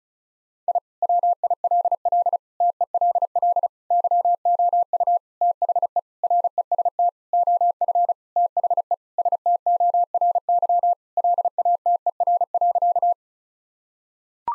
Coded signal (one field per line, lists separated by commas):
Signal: Morse code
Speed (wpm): 36 wpm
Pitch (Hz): 700 Hz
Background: none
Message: I WILL TELL YOU THE REST OF THE STORY LATER.